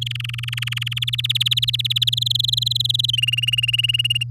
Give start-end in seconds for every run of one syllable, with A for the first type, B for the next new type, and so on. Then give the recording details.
0.01-0.99 A, 1.02-2.10 B, 2.12-3.11 C, 3.13-4.23 D. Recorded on 9 May 2018 at 06:04. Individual llb16